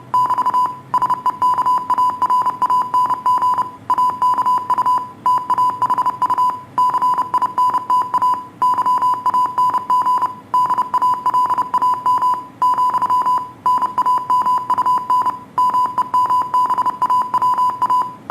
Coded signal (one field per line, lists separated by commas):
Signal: Morse code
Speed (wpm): 31 wpm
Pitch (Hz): 1000 Hz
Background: none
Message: <BT> SEKARANG AKU TAHU CINTA YANG DALAM , NAMUN MEMBAWA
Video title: Practice Morse Code